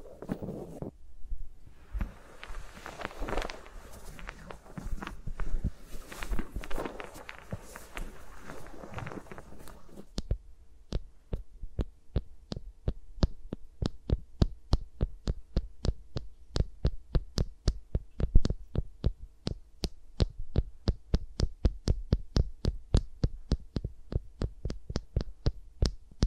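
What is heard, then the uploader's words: Fingers rub and tap around microphones, dense rustling for ten seconds, then a steady stream of quick, sharp taps over a low hum. ASMR with Mics Around My Fingers (No Talking).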